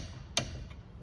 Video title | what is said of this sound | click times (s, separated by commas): S197 Anti-Squat/Lower Control Arm Relocation Kit Install | and go until it clicks | 0.4 s